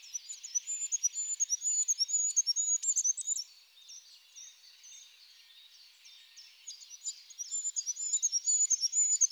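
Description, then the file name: Goldcrest singing very high, quickly repeated thin notes, a pause of faint twittering in the middle, then another rapid run of thin notes. Stereo recording. "ROITELET HUPPE"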